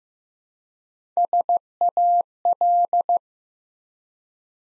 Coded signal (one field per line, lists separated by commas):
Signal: Morse code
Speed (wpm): 15 wpm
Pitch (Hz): 700 Hz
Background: none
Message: SAL